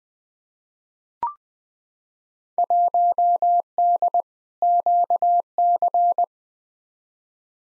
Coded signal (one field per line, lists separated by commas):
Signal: Morse code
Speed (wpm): 20 wpm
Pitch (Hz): 700 Hz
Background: none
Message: 1D QC